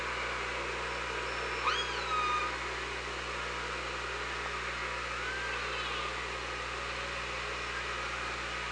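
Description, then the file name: Killer whale call: a sharply rising, harmonic tonal sweep and fainter later sweeps over a steady low hum and hiss. OrcaLab hydrophone, 24 August 2017, 17:25. "Orca Lab 20170824 172504"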